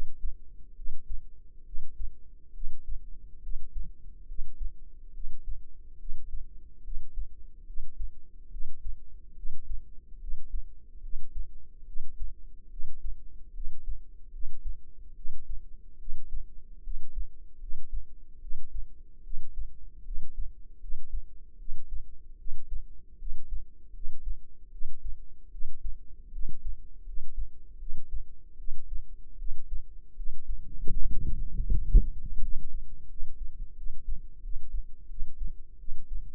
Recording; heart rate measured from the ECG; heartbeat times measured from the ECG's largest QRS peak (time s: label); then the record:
heart sounds by microphone in the left ear; 75 bpm
0.74 s: heartbeat
1.63 s: heartbeat
2.52 s: heartbeat
3.40 s: heartbeat
4.26 s: heartbeat
5.12 s: heartbeat
5.97 s: heartbeat
6.82 s: heartbeat
7.64 s: heartbeat
8.49 s: heartbeat
9.34 s: heartbeat
10.18 s: heartbeat
11.00 s: heartbeat
11.84 s: heartbeat
12.68 s: heartbeat
13.52 s: heartbeat
14.30 s: heartbeat
15.13 s: heartbeat
15.97 s: heartbeat
16.81 s: heartbeat
17.58 s: heartbeat
18.39 s: heartbeat
19.21 s: heartbeat
20.02 s: heartbeat
20.78 s: heartbeat
21.56 s: heartbeat
22.36 s: heartbeat
23.17 s: heartbeat
23.91 s: heartbeat
24.69 s: heartbeat
25.49 s: heartbeat
26.30 s: heartbeat
27.03 s: heartbeat
27.77 s: heartbeat
28.56 s: heartbeat
29.36 s: heartbeat
30.14 s: heartbeat
30.93 s: heartbeat
31.68 s: heartbeat
32.39 s: heartbeat
33.07 s: heartbeat
33.75 s: heartbeat
34.41 s: heartbeat
35.07 s: heartbeat
35.77 s: heartbeat
From the record:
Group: healthy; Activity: rest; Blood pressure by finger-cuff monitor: 117/78 mmHg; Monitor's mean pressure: 90 mmHg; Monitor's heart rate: 73 bpm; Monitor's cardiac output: 5.6 L/min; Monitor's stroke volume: 76 mL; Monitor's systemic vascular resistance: 1180 dyn s/cm5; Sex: female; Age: 22 years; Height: 160 cm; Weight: 45 kg